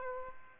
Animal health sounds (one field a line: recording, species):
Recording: mosquito wingbeat signal from an infrared sensor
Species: Aedes aegypti